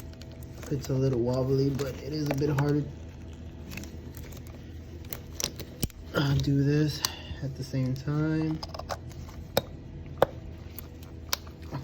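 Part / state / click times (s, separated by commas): wiring harness connector onto ignition coil / seated / 9.6 s, 10.2 s, 11.3 s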